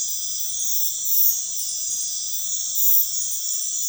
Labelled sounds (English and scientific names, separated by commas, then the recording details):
none
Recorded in dense forest near Puerto Asís, Putumayo, Colombia, on 21 February 2024 at 00:00
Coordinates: 0.505, -76.324
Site G6467